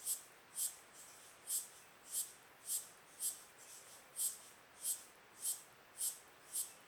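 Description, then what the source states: Cicada calling in rattling pulses, high and dry, about two per second over a steady background hiss. Rhythmic cicadas whose calls sound like rattles.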